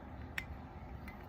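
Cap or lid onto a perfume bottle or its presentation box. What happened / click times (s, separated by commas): The cap or lid snapped into place / 0.4 s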